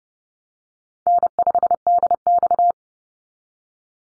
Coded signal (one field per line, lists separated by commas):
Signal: Morse code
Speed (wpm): 30 wpm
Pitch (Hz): 700 Hz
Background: none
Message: N5DX